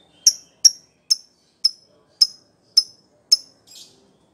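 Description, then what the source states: Lovebird call: seven crisp, high chips repeated evenly about every half second, then a softer buzzy note at the end. Recording used as a lure to prompt a lovebird to answer and sing vigorously (gacor).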